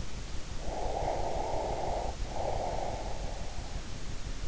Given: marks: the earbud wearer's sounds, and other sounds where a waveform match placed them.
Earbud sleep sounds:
sounds in sleep by an in-ear microphone; breath
0.48-3.47 s: breath

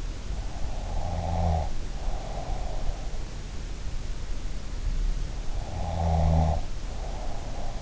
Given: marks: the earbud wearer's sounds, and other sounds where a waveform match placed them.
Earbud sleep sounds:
sounds in sleep by an in-ear microphone; snoring breath
0.82-2.88 s: snoring breath
5.61-7.82 s: snoring breath

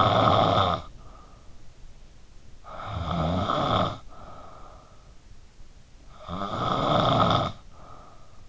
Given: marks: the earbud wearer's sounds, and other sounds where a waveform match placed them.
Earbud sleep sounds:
sounds in sleep by an in-ear microphone; snoring breath
0.00-8.48 s: snoring breath

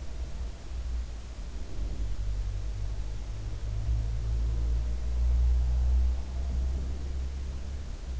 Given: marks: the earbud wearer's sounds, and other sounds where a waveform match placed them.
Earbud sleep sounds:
sounds in sleep by an in-ear microphone; breath
0.05-2.28 s: breath
3.48-5.36 s: breath
5.93-8.20 s: breath

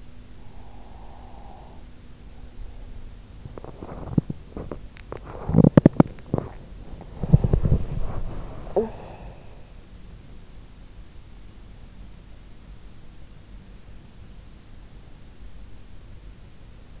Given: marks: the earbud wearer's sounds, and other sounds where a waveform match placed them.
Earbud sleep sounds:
sounds in sleep by an in-ear microphone; breath, teeth grinding, body movement, talking in sleep
0.41-2.62 s: breath
3.07-6.76 s: teeth grinding
7.08-10.38 s: body movement
8.57-9.34 s: talking in sleep

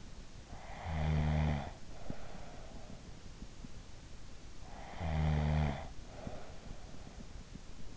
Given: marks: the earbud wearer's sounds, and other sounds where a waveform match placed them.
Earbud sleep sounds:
sounds in sleep by an in-ear microphone; snoring breath
0.00-3.25 s: snoring breath
4.21-7.13 s: snoring breath

